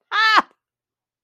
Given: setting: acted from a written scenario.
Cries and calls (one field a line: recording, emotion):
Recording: vocal sound without words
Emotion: pride